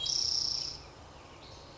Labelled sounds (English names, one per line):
Spotted Towhee